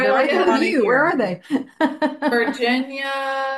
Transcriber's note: laughs